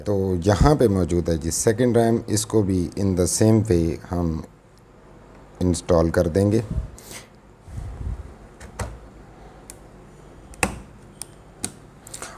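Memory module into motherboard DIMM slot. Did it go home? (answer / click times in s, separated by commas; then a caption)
yes / 10.6 s, 11.6 s. A second RAM memory stick is pushed into its DIMM slot on a motherboard while someone talks. Two sharp clicks are heard at 10.6 s and 11.6 s, with smaller taps around them. The module seats and locks, and it is properly installed.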